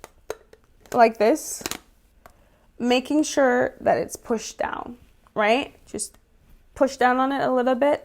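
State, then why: Seated. A plastic moisturizer refill pod is dropped into its outer jar housing, and a sharp click at 0.3 s marks it popping into place and seating. A few faint taps follow, then someone talks for the rest of the clip.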